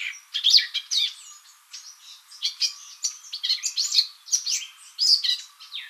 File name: Sylvia atricapilla